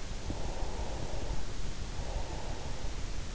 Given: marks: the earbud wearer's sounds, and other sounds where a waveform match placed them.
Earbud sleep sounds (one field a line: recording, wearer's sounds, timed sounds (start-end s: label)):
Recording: sounds in sleep by an in-ear microphone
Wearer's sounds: breath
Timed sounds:
0.11-3.23 s: breath